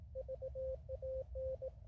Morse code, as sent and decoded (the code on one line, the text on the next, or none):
...- .- -.
VAN